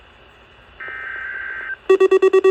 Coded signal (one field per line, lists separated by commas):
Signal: Emergency Alert System (SAME) tones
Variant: header bursts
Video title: SEVERITY ACROSS THE PENINSULA.. | EAS Alerts from 5/31 - 6/20/23 (EAS #1005 - 1085)